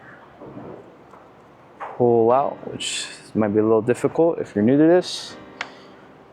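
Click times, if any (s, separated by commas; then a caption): 5.6 s. Someone talks while the small latch on the arm cable connector of a Talos T60X drone is pressed and the plastic plug is pulled out of its socket. A short, sharp sound is heard at 5.6 s as the connector comes free, unlatched and released.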